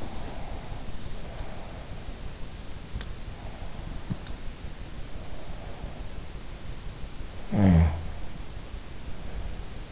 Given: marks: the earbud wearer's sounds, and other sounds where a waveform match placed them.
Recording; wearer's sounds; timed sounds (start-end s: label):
sounds in sleep by an in-ear microphone; breath, snoring breath
0.00-1.81 s: breath
7.40-9.88 s: snoring breath